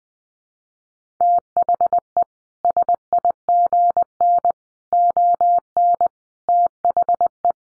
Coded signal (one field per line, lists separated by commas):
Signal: Morse code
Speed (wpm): 20 wpm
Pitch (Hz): 700 Hz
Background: none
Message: THE SIGN ON THE